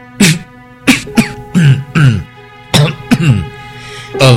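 A run of about seven short, light throat-clearing coughs in an uneven rhythm, each a brief raspy burst fading into a low voiced tail, with no talking.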